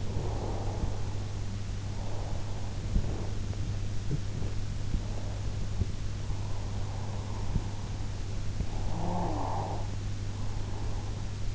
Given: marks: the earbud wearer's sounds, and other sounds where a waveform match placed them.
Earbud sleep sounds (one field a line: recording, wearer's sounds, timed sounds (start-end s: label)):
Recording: sounds in sleep by an in-ear microphone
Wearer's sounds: breath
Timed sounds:
0.00-2.67 s: breath
8.65-11.55 s: breath